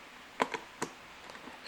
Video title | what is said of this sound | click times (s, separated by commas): MOVA Z60 Ultra – How to Fix Water Leaking from Water Tank | It has to click there. Okay, now it's steady. | 0.4 s